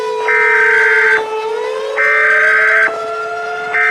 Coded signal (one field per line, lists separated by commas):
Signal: Emergency Alert System (SAME) tones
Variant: header bursts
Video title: 400 Subscriber Special: EAS Scenario - Bigger Than Ever